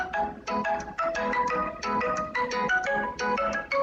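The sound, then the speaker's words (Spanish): A phone ringtone plays a bright, repeating melodic pattern of quick tonal bursts for several seconds, steady in loudness, with no one answering or speaking. “Es que no coge el teléfono nunca.”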